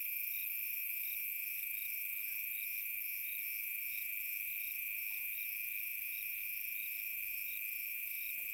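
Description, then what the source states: Crickets chirping steadily, pulsed high chirps over a continuous trill, with a few faint soft clicks in the background. Recorded on a summer night.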